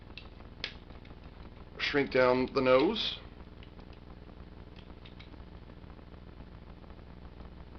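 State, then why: Seated. A flip-over part of a vintage die-cast robot toy is clipped into place on the toy body during a transformation. A loud snap at 0.6 s marks the part clipping into place, followed by someone talking from about 1.8 to 3.2 s, with small faint clicks and handling noises scattered through the rest of the clip.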